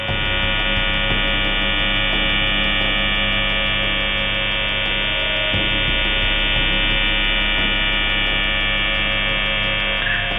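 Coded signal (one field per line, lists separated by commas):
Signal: channel marker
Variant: UVB-76 (The Buzzer)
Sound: harsh steady low mechanical buzz with many overtones, no clear pauses between buzzes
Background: radio static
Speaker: tune it to the frequency 4625 kilohertz, you will hear this sound. Buzz, buzz, buzz. A mechanical buzzing noise repeating about 25 times per minute.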